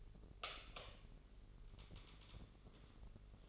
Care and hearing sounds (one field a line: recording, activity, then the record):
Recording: daily activity, microphone in the room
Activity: light on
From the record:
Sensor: 4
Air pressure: 996.1 hPa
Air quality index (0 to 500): 65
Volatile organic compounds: 2 ppm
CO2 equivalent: 1173 ppm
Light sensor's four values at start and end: 15/34/13/13 and 18/46/18/18